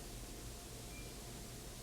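A crimp terminal is lined up with the T-shaped cavity of a plastic connector housing before being slid in. Only a steady, quiet broadband hiss with a low hum is heard, with no distinct handling sounds. Nothing has seated or clicked yet.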